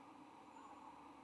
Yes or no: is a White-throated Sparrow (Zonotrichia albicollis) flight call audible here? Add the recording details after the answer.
no. No flight call is heard. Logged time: 01:45 on 22 November 2014